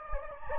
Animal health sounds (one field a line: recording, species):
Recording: mosquito wingbeat signal from an infrared sensor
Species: Anopheles gambiae